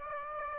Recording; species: mosquito wingbeat signal from an infrared sensor; Aedes aegypti